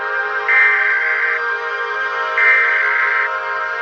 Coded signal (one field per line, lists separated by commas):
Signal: Emergency Alert System (SAME) tones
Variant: header bursts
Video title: EAS Scenario #6 Universal Logo